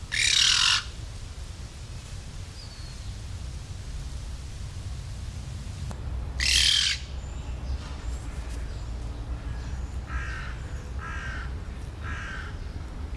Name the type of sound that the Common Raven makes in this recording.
call